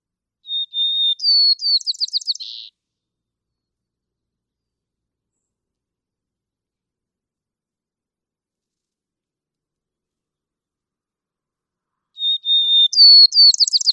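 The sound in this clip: White-crowned sparrow gives two song phrases about ten seconds apart, each a clear whistle followed by fast chirping trills, the first ending in a buzz and the second cut off, with silence between.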